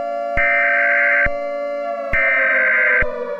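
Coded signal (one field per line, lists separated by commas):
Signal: Emergency Alert System (SAME) tones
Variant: header bursts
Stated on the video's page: Fictional EAS scenario, not a real alert.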